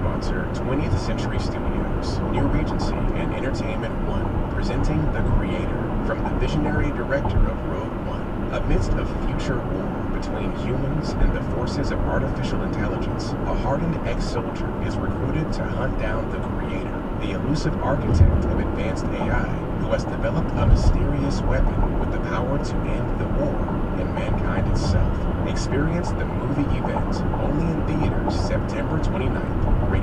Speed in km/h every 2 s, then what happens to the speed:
89, 90, 90, 89, 89, 89, 85, 84, 84, 84, 84, 89, 90, 92, 90.
0-30 steady at about 89.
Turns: none.